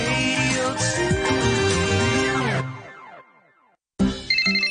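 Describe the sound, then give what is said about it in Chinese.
A bright, melodic electronic phone ringtone plays loudly for a few seconds for an opinion poll call, then rings out and fades into silence before another tone-rich burst suddenly starts. “你又收到电话骗案啊？”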